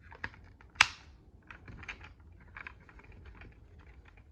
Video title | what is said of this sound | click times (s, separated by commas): Soundwave Dreadnok Thunder Machine Review - Part I #transformers #gijoe #soundwave #cobra | You'll hear a click once they are tabbed in. | 0.2 s, 0.8 s